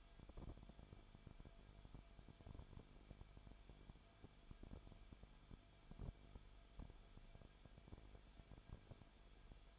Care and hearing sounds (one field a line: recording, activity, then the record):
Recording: daily activity, microphone in the room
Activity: no activity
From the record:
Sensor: 5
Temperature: 20.4 degrees Celsius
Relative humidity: 39.7%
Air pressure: 1010.8 hPa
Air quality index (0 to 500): 165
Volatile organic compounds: 15 ppm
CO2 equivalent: 2497 ppm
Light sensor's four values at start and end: 2/3/1/1 and 2/3/1/1